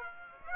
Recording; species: mosquito wingbeat signal from an infrared sensor; Aedes aegypti